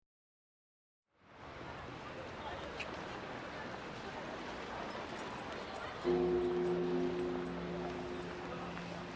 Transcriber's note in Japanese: 鐘の音。街の音